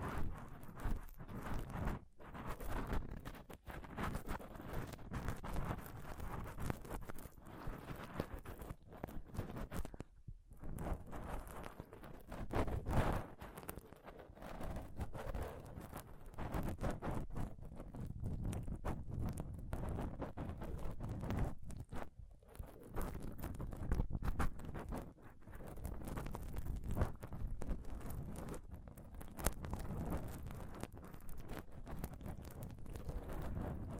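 Close-up scratching and touching on a microphone, a dense, continuous run of rough rubbing and tapping strokes. The sound is heavy and low, with quick irregular bursts and brief near-silent gaps around ten and twenty-two seconds before the scraping resumes.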